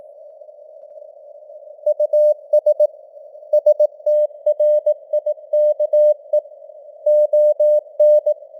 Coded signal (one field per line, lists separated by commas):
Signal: Morse code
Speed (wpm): 18 wpm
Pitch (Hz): 600 Hz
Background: none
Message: US STRIKE ON